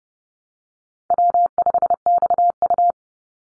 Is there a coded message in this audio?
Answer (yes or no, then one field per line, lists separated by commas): yes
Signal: Morse code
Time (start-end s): 1.1-2.9 s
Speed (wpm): 29 wpm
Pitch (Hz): 700 Hz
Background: none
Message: W5XU